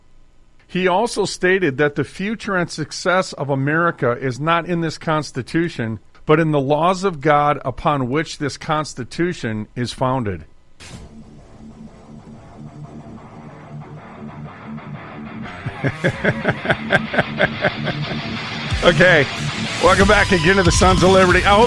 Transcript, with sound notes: He also stated that, "The future and success of America is not in this Constitution, but in the laws of God upon which this Constitution is founded." (laughs) Okay, welcome back again to the Sons of Liberty.